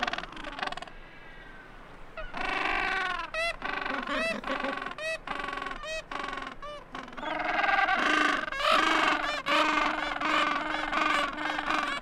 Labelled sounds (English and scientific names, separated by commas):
Gentoo Penguin (Pygoscelis papua) call